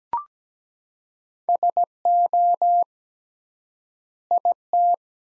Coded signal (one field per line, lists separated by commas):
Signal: Morse code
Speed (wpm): 17 wpm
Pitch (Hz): 700 Hz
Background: none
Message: SO IT